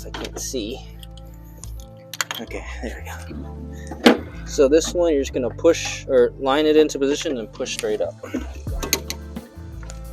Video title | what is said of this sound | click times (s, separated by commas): Fixing a LARGE Coolant Leak for E92 M3 Thermostat O-Ring Replacement E90 E93 Water Pump Coolant DIY | wait until you hear a click there you go okay so that one's on | 8.9 s